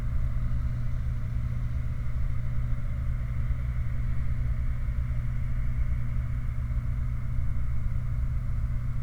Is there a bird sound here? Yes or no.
no